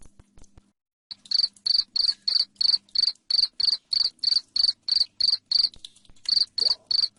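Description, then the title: Cricket chirping: loud, regular pulsed chirps about three per second, starting after a second of near silence, with a short gap near six seconds. Loud cricket chirping played to make lovebirds sing continuously. "Suara JANGKRIK NGERIK Keras Bikin LOVEBIRD Jadi NGEKEK Terus Vubey"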